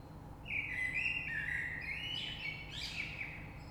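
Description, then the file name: Common blackbird giving one long, flowing fluty phrase that climbs into a burst of high, strained twittering at the end. Recorded 3 March 2020. "Rush Merle"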